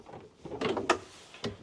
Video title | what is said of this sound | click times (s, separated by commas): Van Builder Shares Most Popular Layout | and you just slide it out and it will lock into place, and then you're facing forward. | 0.9 s